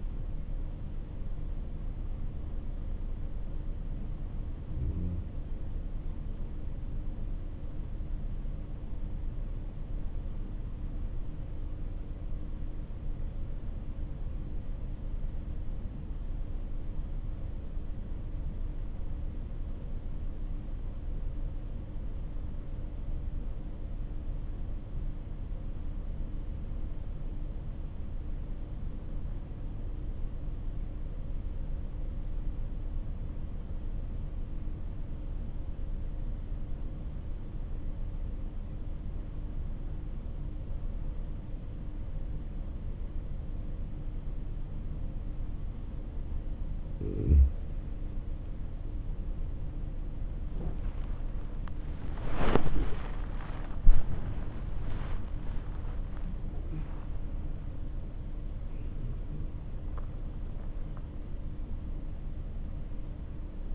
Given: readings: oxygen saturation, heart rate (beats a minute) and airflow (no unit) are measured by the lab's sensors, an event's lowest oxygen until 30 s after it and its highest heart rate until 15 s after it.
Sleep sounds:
breathing in sleep by a smartphone at the bedside; 1
9.00-47.50 s: obstructive apnea (REM, oxygen 98% highest, then 89% lowest, heart rate 54 at the start, 74 highest)
57.00-63.75 s: new sleep stage, N1 (lightest sleep)
From the record:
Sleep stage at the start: REM sleep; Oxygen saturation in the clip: 90 to 98%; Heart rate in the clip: 52 to 75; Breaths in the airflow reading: 5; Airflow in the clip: -12.8 to 15.9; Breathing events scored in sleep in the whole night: 304 in 5.6 hours asleep

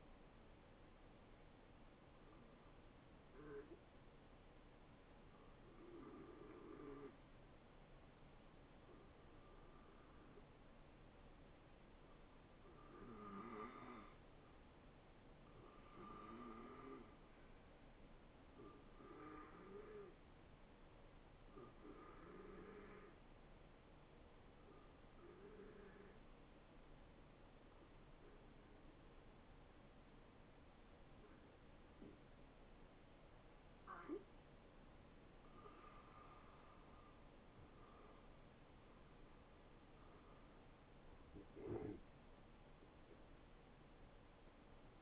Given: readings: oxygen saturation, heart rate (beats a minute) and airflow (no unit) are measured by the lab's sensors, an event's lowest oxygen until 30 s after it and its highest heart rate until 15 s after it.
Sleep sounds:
breathing in sleep by a voice recorder at the bedside; 1
23.00-38.50 s: hypopnea (N1, oxygen 91% highest, then 87% lowest, heart rate 64 at the start, 76 highest)
From the record:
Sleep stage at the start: N1 (lightest sleep); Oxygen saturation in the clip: 88 to 94%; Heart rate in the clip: 57 to 75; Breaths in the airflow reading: 13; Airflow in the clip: -10.7 to 8.4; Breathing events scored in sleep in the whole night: 263 in 5.5 hours asleep

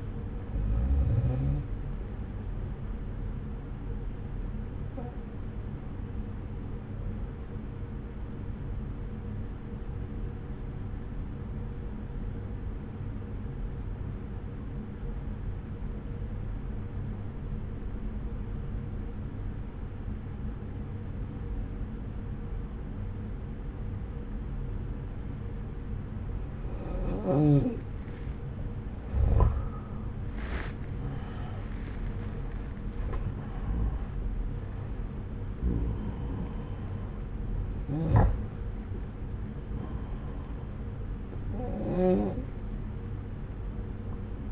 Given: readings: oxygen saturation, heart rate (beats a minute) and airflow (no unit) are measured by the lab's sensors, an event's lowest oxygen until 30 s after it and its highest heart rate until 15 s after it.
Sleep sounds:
breathing in sleep by a smartphone at the bedside; 1
2.00-32.00 s: new sleep stage, N2 (light sleep)
9.00-30.40 s: obstructive apnea (N2, oxygen 92% highest, then 86% lowest)
32.00-44.52 s: new sleep stage, N1 (lightest sleep)
From the record:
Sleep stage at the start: N1 (lightest sleep); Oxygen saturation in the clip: 88 to 93%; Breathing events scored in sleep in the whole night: 303 in 8.1 hours asleep

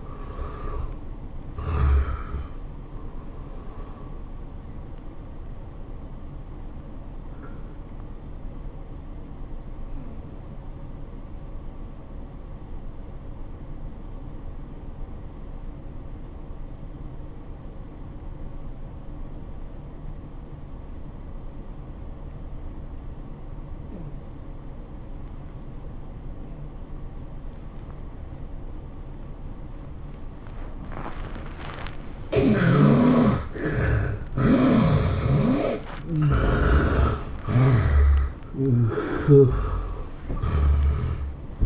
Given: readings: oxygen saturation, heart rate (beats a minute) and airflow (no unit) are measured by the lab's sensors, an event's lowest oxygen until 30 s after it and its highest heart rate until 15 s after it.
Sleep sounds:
breathing in sleep by a smartphone at the bedside; 1
4.00-31.10 s: hypopnea (N1, oxygen 97% highest, then 73% lowest, heart rate 104 at the start, 104 highest)
From the record:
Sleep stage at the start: N1 (lightest sleep); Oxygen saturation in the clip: 77 to 97%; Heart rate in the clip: 83 to 104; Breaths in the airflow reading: 6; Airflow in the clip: -11.3 to 12.6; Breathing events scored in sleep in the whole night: 403 in 5.5 hours asleep

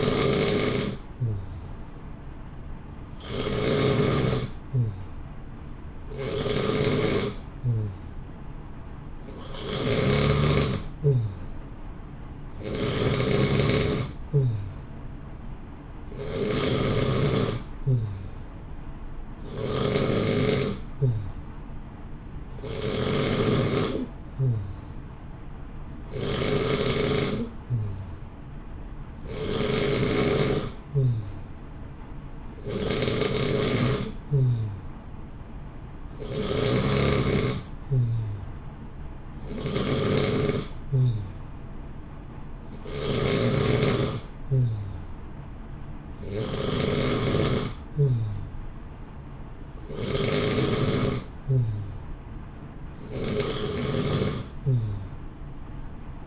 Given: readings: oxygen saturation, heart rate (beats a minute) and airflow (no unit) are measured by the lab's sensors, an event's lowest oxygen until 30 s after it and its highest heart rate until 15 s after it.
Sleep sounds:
breathing in sleep by a smartphone at the bedside; none
none scored
From the record:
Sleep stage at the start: N3 (deep sleep); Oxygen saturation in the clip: 90 to 91%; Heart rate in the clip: 60 to 64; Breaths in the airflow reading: 19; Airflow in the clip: -0.8 to 0.9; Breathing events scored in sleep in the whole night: 328 in 6.3 hours asleep

